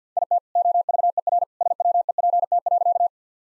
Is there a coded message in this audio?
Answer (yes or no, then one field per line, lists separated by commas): yes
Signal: Morse code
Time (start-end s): 0.2-3.1 s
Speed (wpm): 45 wpm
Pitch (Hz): 700 Hz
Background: none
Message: IT OVERSWEPT.